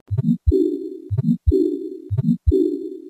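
Moderate aortic regurgitation in an adult heart heard through a stethoscope: about 60 beats per minute, each beat a pair of short heart sounds followed by a long, blowing, decrescendo diastolic murmur that fills much of diastole.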